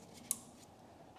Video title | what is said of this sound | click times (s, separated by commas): Restoring My Cheap VW Passat R36 - Part 9 | nice click that | 0.3 s